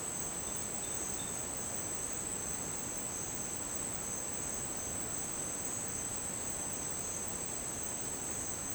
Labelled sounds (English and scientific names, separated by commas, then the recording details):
none
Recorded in dense forest near Puerto Asís, Putumayo, Colombia, on 22 June 2025 at 11:00
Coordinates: 0.484, -76.317
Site G045